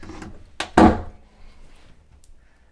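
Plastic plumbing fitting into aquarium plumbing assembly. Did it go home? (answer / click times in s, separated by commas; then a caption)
yes / 0.6 s, 0.8 s. A second plastic plumbing fitting is pushed into its mount during assembly of a Red Sea Reefer aquarium's plastic plumbing. Two sharp clicks ring out at 0.6 s and 0.8 s, the second one louder, over faint low background noise. The fitting clicks into place and is seated.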